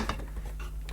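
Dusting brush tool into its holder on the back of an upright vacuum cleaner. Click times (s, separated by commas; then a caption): 0.1 s. A plastic dusting brush is pushed onto its holder on the back of a Hoover Enigma Evo upright vacuum cleaner, and it clicks into position at 0.1 s. A few faint plastic knocks and rattles follow as it settles. The brush is seated and held securely.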